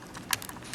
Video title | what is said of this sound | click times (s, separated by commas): Sony PSP Screen Backlight Fades - Repair Fix | Put that down until it clicks | 0.3 s